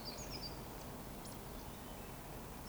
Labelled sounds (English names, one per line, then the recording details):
Eurasian Woodcock whistle
Eurasian Woodcock chase call
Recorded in Baden-Württemberg, Germany, on 11 June 2020 at 19:38 UTC
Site 14569, 102 m above sea level